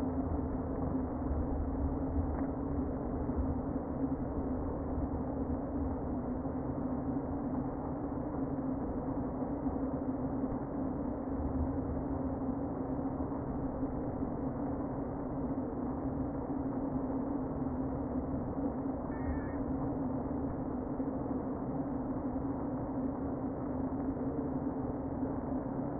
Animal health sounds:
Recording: honeybee colony, microphone inside the hive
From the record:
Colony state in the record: queen present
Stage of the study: before two queens were removed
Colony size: about 60,000 bees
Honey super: yes

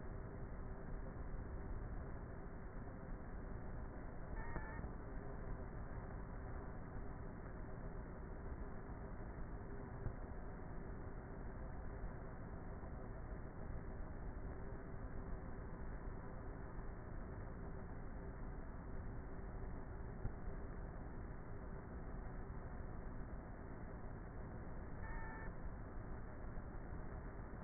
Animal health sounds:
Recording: honeybee colony, microphone inside the hive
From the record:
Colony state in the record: queenless with a low population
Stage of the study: before two queens were removed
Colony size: about 30,000 bees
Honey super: no

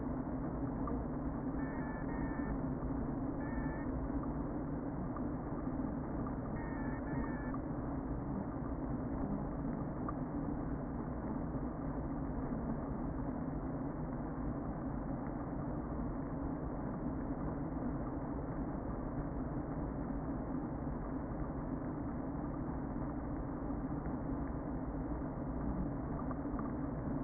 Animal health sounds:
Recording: honeybee colony, microphone inside the hive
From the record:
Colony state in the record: queen present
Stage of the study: before two queens were removed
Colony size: about 60,000 bees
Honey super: yes

